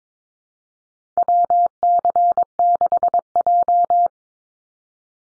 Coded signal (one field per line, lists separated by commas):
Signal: Morse code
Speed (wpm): 22 wpm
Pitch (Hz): 700 Hz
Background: none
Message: WC6J